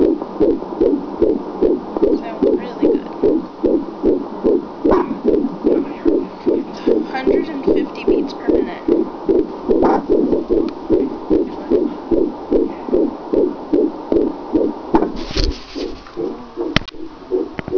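Steady, muffled low thumps repeat quickly and evenly, about 150 beats a minute. A fast, regular heartbeat; a few brief clicks and rustles break in near the end.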